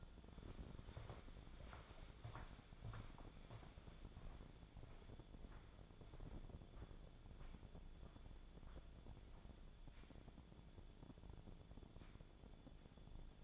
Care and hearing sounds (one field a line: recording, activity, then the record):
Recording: daily activity, microphone in the room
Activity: walk to room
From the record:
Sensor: 5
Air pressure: 1000.1 hPa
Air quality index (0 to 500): 89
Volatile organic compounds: 1 ppm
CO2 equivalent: 732 ppm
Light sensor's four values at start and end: 396/951/409/461 and 377/931/391/437